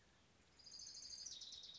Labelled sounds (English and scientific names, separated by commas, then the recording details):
Orange-crowned Warbler (Leiothlypis celata)
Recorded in Sonoma County, California